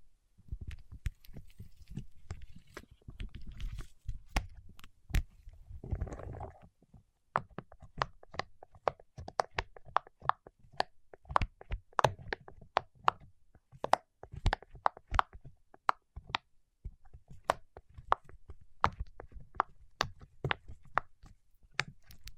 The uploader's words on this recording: ASMR with Wax Fingertips for Sleep (No Talking).